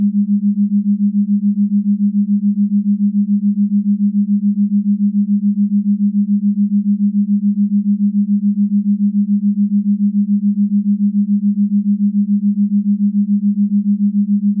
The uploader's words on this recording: PURE THETA Binaural Beat Theta Wave Frequency For POWERFUL MIND BODY RELAXATION.